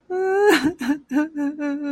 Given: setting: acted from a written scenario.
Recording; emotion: vocal sound without words; sadness